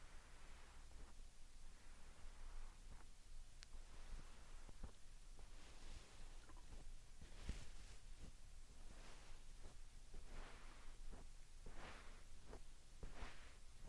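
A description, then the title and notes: Soft handling of slime and sand, with a string of short squishy swishes and crunches arriving about every second. Some strokes are bright and airy, others duller, over a steady low hum and faint hiss throughout. ASMR Satisfying Slime Sand Triggers for Sleep (No Talking).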